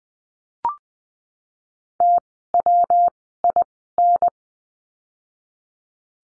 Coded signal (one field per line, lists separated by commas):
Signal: Morse code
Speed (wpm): 20 wpm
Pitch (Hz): 700 Hz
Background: none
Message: T W I N